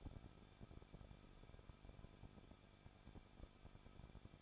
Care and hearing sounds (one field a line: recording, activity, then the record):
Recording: daily activity, microphone in the room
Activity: no activity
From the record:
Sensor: 5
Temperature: 20.9 degrees Celsius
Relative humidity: 38.1%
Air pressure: 1006.4 hPa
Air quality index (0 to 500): 187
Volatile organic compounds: 18 ppm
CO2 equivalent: 2624 ppm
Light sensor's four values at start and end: 2/3/1/1 and 2/3/1/1